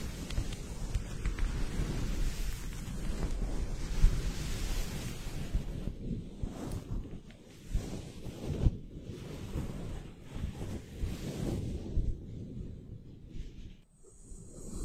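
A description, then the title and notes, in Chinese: Wind buffets a microphone's foam windscreen in low, uneven rumbling gusts, with sharp thumps near 4 and 9 seconds and a brief lull near 14. 麦克风防风棉套触发。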